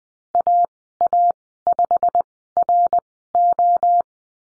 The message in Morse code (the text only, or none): AA5RO